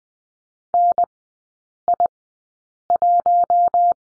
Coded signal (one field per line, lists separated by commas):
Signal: Morse code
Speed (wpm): 20 wpm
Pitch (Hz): 700 Hz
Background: none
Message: NI1